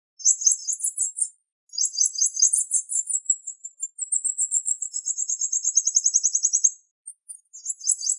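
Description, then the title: Bird song, very high rapid trills and buzzy rolls in phrases of about one to three seconds, one long steady run of repeated notes, separated by brief pauses. "LuckyPassaros CompletosSama"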